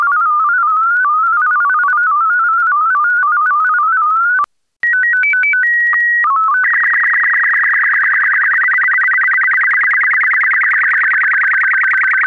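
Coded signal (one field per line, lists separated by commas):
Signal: SSTV (slow-scan television)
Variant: BW 122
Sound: beeping melody, brief silence, two long tones and chirps, then rapid warbling scan tones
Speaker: volg nu de slow scan tv in BW 122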